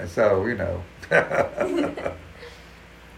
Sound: laughs